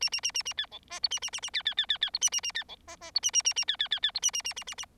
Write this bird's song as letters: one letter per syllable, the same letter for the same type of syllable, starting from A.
A A A A A B C D E A A A A B B B B B E A A A B C D D E A A A A B B B B E A A A A A A